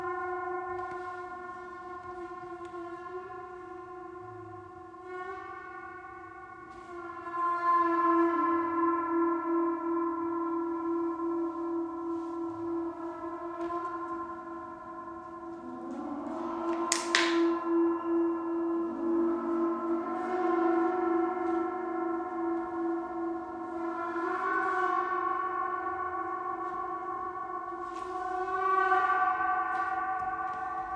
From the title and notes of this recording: Gong Bath. Gongs, bells, chimes and symbols. Steve Gong runs classes for groups in a church hall in Ainsdale Merseyside.